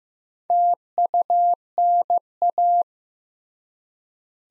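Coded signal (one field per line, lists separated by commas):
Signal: Morse code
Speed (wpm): 15 wpm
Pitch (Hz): 700 Hz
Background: none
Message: TUNA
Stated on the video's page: Morse code word-copying practice at 15 wpm, using contextual hints to prime the listener.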